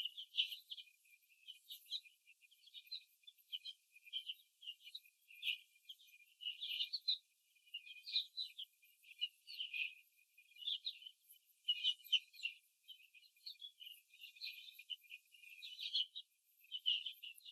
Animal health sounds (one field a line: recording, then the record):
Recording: young laying hens in a cage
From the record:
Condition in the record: before the stressor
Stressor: simulated dog barking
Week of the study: 3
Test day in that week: 1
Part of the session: 2